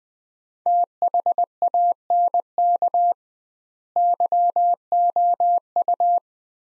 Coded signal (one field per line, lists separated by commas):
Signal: Morse code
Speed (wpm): 21 wpm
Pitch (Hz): 700 Hz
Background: none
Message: THANK YOU